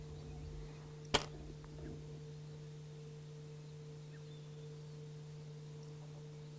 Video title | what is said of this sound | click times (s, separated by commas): 456MB Zero - Setup Clip | and firmly insert it into the lower part of the main Wing so that it clicks into place | 1.1 s